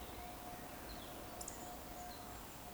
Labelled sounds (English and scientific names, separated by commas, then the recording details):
Eurasian Woodcock (Scolopax rusticola) whistle
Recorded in Baden-Württemberg, Germany, on 15 June 2020 at 19:58 UTC
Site 14569, 102 m above sea level